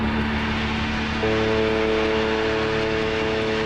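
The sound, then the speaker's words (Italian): Sustained organ and mellotron chords drone steadily, with a brighter held chord entering partway through and swelling the texture; no voices, just continuous, even keyboard tones throughout. “E iniziava con questo frammento di tastiere, organo, mellotron.”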